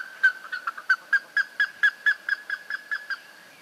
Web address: sound Plumbeous-ibis. صدای-پرنده-اکراس-سربی